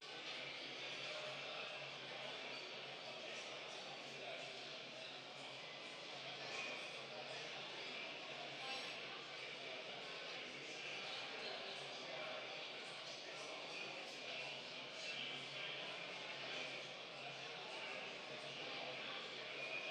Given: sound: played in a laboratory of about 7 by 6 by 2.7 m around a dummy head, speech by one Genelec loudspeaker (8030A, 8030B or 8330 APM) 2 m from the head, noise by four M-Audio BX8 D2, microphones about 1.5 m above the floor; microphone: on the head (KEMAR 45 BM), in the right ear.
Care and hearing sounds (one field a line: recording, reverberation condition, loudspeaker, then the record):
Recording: cafeteria noise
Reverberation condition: high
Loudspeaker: four, about 170 cm from the corners of the room and facing them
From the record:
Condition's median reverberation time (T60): about 1300 ms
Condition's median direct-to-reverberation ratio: about -4.0 dB